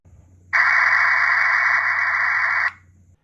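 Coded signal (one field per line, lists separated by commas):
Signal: data over sound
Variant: Rattlegram OFDM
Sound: a two-second burst of dense, even hiss with abrupt start and end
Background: low hum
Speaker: I prepared a message just for you. Who is the first to decode it and write it in the comments?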